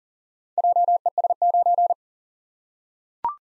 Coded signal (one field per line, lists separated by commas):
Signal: Morse code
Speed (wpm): 38 wpm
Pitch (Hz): 700 Hz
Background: none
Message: JES9